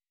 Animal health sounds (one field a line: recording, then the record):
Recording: hydrophone in a shrimp aquaculture tank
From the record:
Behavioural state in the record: weakened